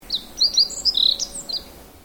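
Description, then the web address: Bird giving a quick series of high, thin chirps and short whistles, a brief twittering burst over low background hiss. "Sound Effects-Foundation 1 BIRD 05 CALL 06"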